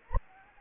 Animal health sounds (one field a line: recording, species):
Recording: mosquito wingbeat signal from an infrared sensor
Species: Anopheles gambiae